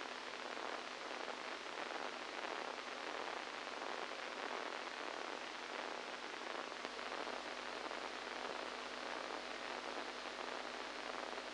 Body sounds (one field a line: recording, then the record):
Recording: brain microelectrode recording played as sound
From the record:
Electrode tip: inside the subthalamic nucleus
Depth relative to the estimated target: -4 mm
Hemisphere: right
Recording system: NeuroSet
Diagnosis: Parkinson's disease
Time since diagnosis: 7 years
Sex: male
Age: 69 years